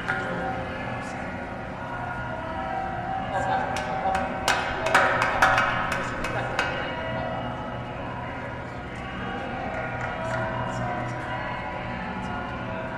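Steady crowd murmur at the US Open tennis tournament, with a brief cluster of sharp knocks and claps around the middle.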